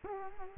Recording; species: mosquito wingbeat signal from an infrared sensor; Culex quinquefasciatus